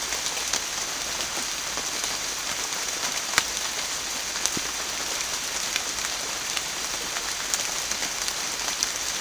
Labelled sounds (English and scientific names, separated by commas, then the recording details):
none
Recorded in pastures near Puerto Asís, Putumayo, Colombia, on 27 June 2025 at 16:30
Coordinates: 0.502, -76.324
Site G010